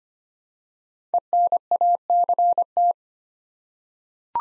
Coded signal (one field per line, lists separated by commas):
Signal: Morse code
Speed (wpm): 25 wpm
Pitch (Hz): 700 Hz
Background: none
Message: ENACT